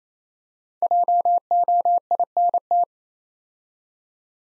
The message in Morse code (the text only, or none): JOINT